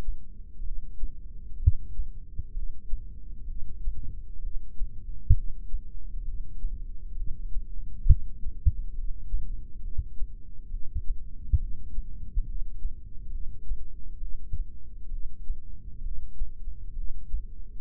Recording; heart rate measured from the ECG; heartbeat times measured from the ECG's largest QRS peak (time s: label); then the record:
heart sounds by microphone in the left ear; 66 bpm
0.64 s: heartbeat
1.60 s: heartbeat
2.55 s: heartbeat
3.48 s: heartbeat
4.42 s: heartbeat
5.35 s: heartbeat
6.26 s: heartbeat
7.18 s: heartbeat
8.08 s: heartbeat
8.96 s: heartbeat
9.83 s: heartbeat
10.72 s: heartbeat
11.60 s: heartbeat
12.47 s: heartbeat
13.33 s: heartbeat
14.21 s: heartbeat
15.11 s: heartbeat
16.04 s: heartbeat
16.96 s: heartbeat
From the record:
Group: heart failure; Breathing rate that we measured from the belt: 17 breaths a minute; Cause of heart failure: idiopathic cardiomyopathy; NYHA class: 1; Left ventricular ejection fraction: 50%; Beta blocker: bisoprolol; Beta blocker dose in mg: 5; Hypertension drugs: candesartan, spironolactone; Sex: male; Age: 54 years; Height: 180 cm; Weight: 94.6 kg